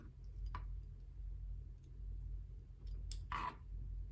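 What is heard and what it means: A wire terminal, removed with a bobby pin, is pushed back into the plastic fuel pump connector housing of a Camry V6 over a steady low hum. A faint tick comes at 0.6 s, then a sharp snap at 3.1 s as the terminal seats, followed by a brief rustling burst. The terminal is seated in the housing.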